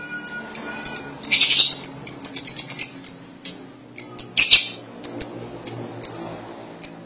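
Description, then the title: Lovebird calling with a fast stream of sharp, high clipped chirps interrupted by short buzzy chatter bursts. "BM Suara Burung Lovebird"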